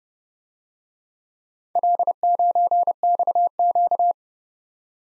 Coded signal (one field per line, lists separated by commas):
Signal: Morse code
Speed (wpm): 30 wpm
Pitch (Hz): 700 Hz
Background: none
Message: L9XQ